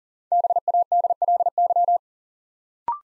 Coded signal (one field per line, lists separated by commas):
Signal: Morse code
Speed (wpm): 40 wpm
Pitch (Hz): 700 Hz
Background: none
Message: BADLY